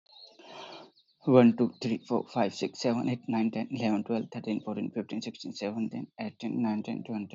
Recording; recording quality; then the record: counting at a fast pace; moderate, slight background noise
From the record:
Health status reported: healthy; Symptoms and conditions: none ticked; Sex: male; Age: 25 years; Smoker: not ticked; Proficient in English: yes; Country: India